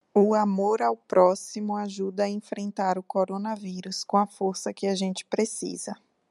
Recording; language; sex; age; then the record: spoken sentence; Brazilian Portuguese; female; 30 to 39 years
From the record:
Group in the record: control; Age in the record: 31 years